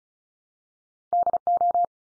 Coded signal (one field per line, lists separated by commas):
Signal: Morse code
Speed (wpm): 34 wpm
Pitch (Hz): 700 Hz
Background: none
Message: DO